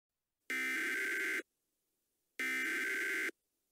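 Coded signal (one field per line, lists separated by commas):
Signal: Emergency Alert System (SAME) tones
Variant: header bursts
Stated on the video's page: Fictional comedy EAS alert made for Halloween.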